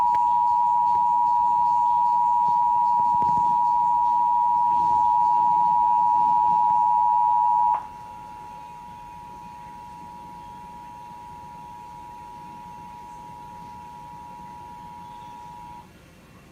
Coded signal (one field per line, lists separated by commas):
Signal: Emergency Alert System (SAME) tones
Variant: 853 and 960 Hz attention tone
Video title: Tornado Warning (EAS 1301